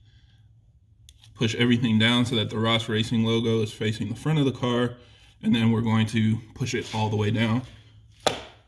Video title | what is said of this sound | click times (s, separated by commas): Ross Racing PCV Delete DIY for Gen 1 B58 | you'll hear it click just like that and that lets you know that it's fully seated | 8.3 s